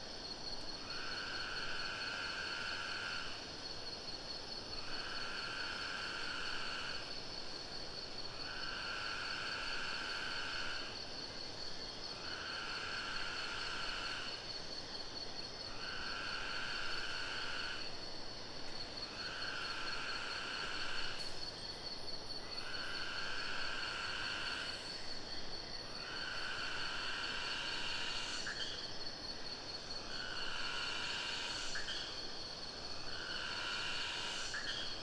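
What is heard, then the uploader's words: A cicada sings in the jungle, shrill tonal bursts repeating every two seconds or so over a steady high insect drone. Cicada in Sumatra Jungle. Cicada singing. Recorded close to the river, in the Sumatra jungle (Ketambe, Aceh region).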